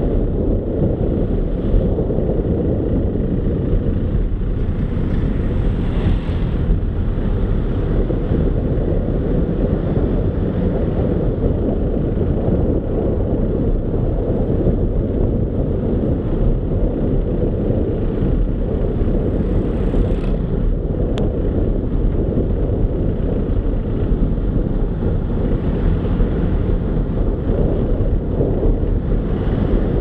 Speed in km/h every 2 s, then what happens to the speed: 25, 20, 19, 25, 29, 32, 33, 30, 30, 32, 30, 29, 32, 33, 34.
0-4 slows to 19. 4-11 speeds up to 33. 11-30 steady at about 32.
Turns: none.